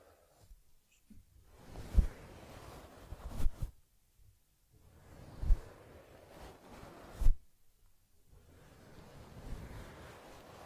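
Ear cleaning on a teddy bear: soft rustling and brushing sounds come in three long stretches separated by near-silent pauses. Sharp little taps or clicks stand out around two, three and a half, five and a half, and seven seconds.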